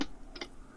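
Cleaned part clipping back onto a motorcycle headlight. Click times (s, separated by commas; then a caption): 0.4 s. A part of a Bandit 600S Mk2 motorcycle headlight assembly, cleaned with lighter fluid and kitchen towel, is pushed back on by hand. Two sharp clicks follow in quick succession at about 0.4 s and 0.4 s, and the part is clipped back into place.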